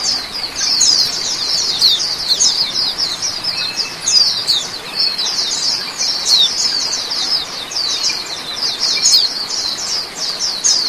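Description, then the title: Oriental magpie-robin singing a continuous run of fast, high, scratchy twitters and chips. "Kicau Kacer"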